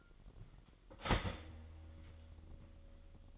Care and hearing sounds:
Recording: daily activity, microphone in the room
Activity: start toaster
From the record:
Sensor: 4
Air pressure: 1002.9 hPa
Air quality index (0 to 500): 242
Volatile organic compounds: 18 ppm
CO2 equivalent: 2627 ppm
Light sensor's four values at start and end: 22/76/28/28 and 22/75/28/28

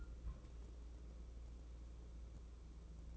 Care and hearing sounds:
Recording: daily activity, microphone in the room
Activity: place on stove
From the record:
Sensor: 1

